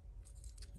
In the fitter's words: Pop that in. Hear a click. About flush with the top.